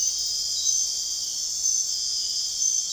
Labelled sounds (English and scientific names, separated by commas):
none